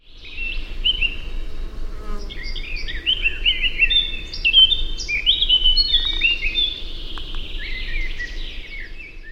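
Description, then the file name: Eurasian blackcap song, a fast varied warble of bright whistled and scratchy notes running continuously, over a steady low rumble. "Sylvia atricapilla"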